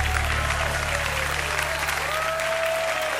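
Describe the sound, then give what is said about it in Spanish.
An audience applauds steadily, a dense, even wash of many hands clapping at once, with a faint sustained tone gliding underneath, giving applause to the King (the Lord) during worship. “Dar un aplauso al Rey.”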